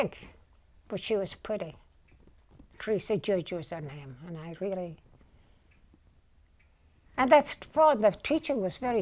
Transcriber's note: none